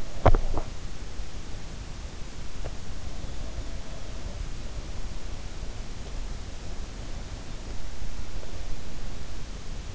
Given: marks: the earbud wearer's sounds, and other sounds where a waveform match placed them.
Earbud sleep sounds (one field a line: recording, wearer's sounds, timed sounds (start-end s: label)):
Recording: sounds in sleep by an in-ear microphone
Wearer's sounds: swallowing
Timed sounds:
0.00-1.67 s: swallowing